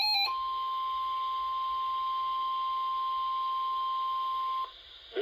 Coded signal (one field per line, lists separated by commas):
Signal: Emergency Alert System (SAME) tones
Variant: 1050 Hz attention tone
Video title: EAS #459-460: Slept Through My Alarm (6/14/23)